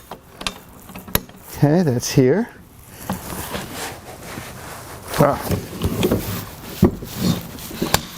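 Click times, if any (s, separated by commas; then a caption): 7.9 s. The hinged frame of a Jupiter Bike folding electric scooter is unfolded and its frame lock is closed, with scattered clicks, knocks and mechanical rattles while someone talks. It ends in a sharp snap at 7.9 s as the frame hinge lock seats firmly, a good positive lock.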